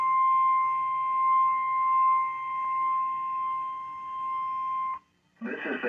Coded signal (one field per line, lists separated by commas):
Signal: Emergency Alert System (SAME) tones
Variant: 1050 Hz attention tone